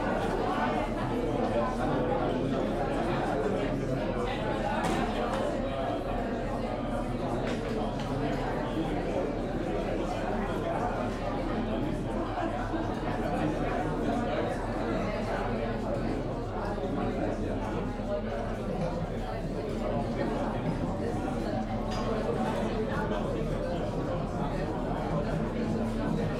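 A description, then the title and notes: Muffled chatter of many people fills a busy café, a steady, dense murmur of overlapping voices with no single speaker standing out. The level holds even throughout, with faint brighter ticks scattered across the mix, possibly cups clinking. Noisy Coffee Shop Sounds. The lively buzz of a café.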